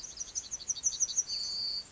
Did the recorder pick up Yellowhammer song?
yes